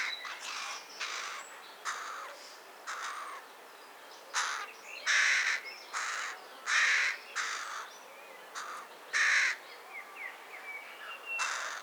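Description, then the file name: Carrion crow cawing repeatedly in rough, grating notes, sometimes in quick pairs, louder calls alternating with softer caws through the whole stretch. "Corvus corone"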